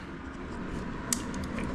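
The main wiring harness connector is given a firm push into a Torp TC500 motor controller on a Sur-ron and snaps home with a single sharp click at 1.1 s over low background noise. The connector is seated.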